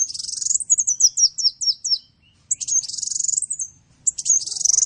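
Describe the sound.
Bird giving a high, buzzy song of fast repeated notes and dense warbled runs, in three bursts split by short silences.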